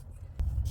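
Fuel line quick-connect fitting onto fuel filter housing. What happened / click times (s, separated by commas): The quick-connect fitting snapped into place after a firmer push / 0.4 s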